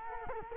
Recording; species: mosquito wingbeat signal from an infrared sensor; Culex quinquefasciatus